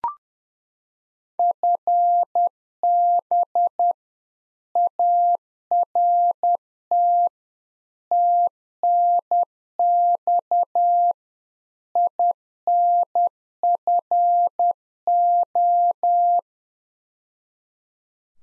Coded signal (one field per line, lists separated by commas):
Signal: Morse code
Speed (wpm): 10 wpm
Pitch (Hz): 700 Hz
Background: none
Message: FB ART TNX INFO